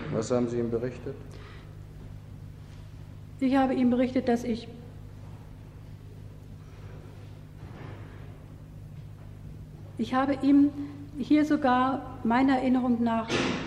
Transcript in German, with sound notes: Was ha'm Sie ihm berichtet?
Ich habe ihm berichtet, dass ich- - [Sprechpause] Ich habe ihm hier sogar, meiner Erinnerung nach,